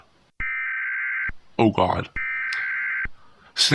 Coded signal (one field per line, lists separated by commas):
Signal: Emergency Alert System (SAME) tones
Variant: header bursts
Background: speech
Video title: King Sombra's Rampage (EAS Scenario)